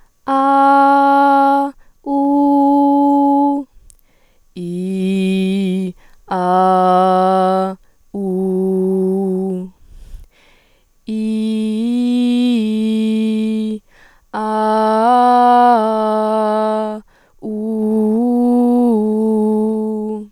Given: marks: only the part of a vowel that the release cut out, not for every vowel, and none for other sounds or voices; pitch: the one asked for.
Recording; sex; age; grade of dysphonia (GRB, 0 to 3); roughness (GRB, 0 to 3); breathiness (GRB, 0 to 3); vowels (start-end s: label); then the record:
sustained vowels; female; 18 to 19 years; 1; 0; 1
0.34-1.57 s: vowel /a/, high pitch
2.15-3.49 s: vowel /u/, high pitch
4.62-5.83 s: vowel /i/, low pitch
6.39-7.63 s: vowel /a/, low pitch
8.21-9.54 s: vowel /u/, low pitch
11.18-13.64 s: vowel /i/, low-high-low pitch
14.51-16.77 s: vowel /a/, low-high-low pitch
17.56-20.02 s: vowel /u/, low-high-low pitch
From the record:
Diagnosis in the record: functional dysphonia, psychogenic dysphonia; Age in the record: 18 years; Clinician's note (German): Sängerstimme